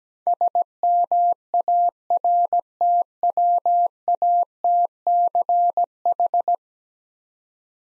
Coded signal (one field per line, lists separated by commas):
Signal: Morse code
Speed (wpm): 17 wpm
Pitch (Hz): 700 Hz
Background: none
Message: SMARTWATCH